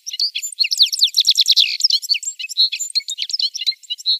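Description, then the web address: Citril finch song: a rapid, continuous twittering of high chirps, trills and buzzy notes, jumbled and without pause. "Schulze Peter Citril Finch song"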